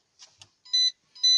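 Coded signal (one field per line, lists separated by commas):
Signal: beep code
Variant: CG035 drone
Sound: two short clicks followed by two loud electronic beeps, repeating, cut off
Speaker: เจอปัญหาบ่อยก็จะเป็นเสียงติ๊ดๆอะไรประมาณนี้นะครับ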